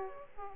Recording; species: mosquito wingbeat signal from an infrared sensor; Aedes aegypti